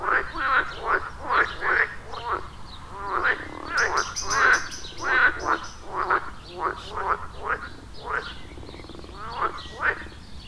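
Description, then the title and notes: Frogs calling together, repeated rattling croaks, with a brief high buzzy sound joining midway. Chorus at a village pond in Wohlsborn, Germany; recorded with a TASCAM DR-40X. "Wohlsborn, Deutschland - Froschkonzert. Frog concert. Froschkonzert am Dorfteich in Wohlsborn"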